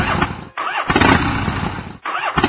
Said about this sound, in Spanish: No me digas que no arrancó. La mierda de motoneta no arrancó.